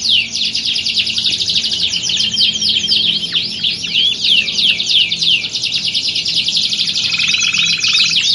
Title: Canto Para Esquentar Canário Belga. Simulasi Lomba Kenari. Suara Kenari Lomba. Melatih Mental Kenari Juara